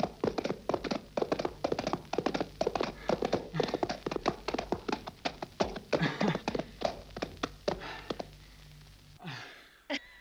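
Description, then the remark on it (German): A spurred, ridden horse's hooves gallop hard in a loud, rapid, uneven drumming of hoofbeats that runs for about nine seconds, then stops abruptly and is followed by a short breathy snort. “Sie reiten ihr Pferd zu Schanden.”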